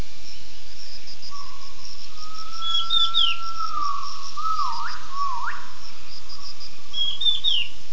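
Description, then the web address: Gibbon calling with a long, steady, slightly rising whistled note, then warbling swoops and sharp upward slides. Faint bird chirps sound above a constant low rumble. Recording made for acoustic triangulation of gibbon calls. "gibbons triangulations vocs"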